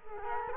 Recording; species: mosquito wingbeat signal from an infrared sensor; Culex quinquefasciatus